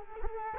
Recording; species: mosquito wingbeat signal from an infrared sensor; Culex quinquefasciatus